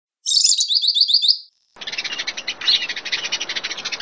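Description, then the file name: Bird song opening with a short burst of quick, upward-slurred high notes, then a pause and a rapid buzzy chatter with sharp accents. A combination of songs. "kombinasi grj cl lb"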